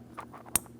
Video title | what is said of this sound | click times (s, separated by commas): How to Replace Valve Covers 2007-2014 Ford Edge 3.5L | Press it in. Audible click there. | 0.6 s